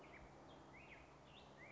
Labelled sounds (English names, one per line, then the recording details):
Black-headed Grosbeak
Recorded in Sonoma County, California